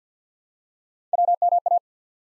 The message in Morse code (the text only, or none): WMA